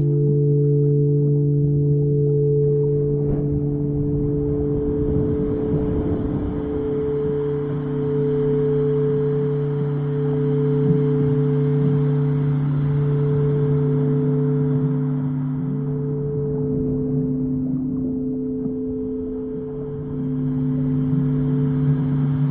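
Singing bowls hum with a steady low drone, several sustained tones layered and ringing on for the whole stretch with only slight swells. A soft wash of noise sits underneath, with a brief rougher stir around five to seven seconds.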